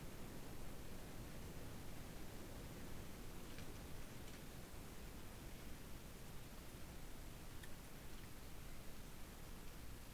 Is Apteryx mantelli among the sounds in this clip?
no